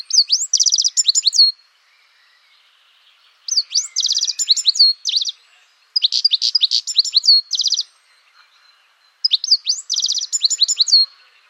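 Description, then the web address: A bird repeats a quick phrase four times: a dense buzzy trill followed by sharp descending chirps, with short pauses between phrases. "cianscape birddata Deverinetal 2025 Bird Only"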